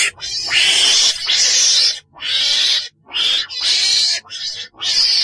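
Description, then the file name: Weasel giving harsh, breathy hissing bursts, each under a second long, separated by short silences, with bright, noisy energy high in the range. Black weasel (chồn đen) calling. "Tieng Chon Den keu"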